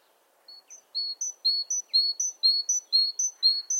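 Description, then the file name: Great tit song, a bright two-note phrase of a high short note and a lower longer whistle, repeated steadily about twice a second. "Parus major"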